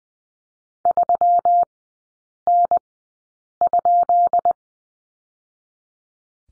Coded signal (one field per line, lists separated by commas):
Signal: Morse code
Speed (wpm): 19 wpm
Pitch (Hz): 700 Hz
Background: none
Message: 3N?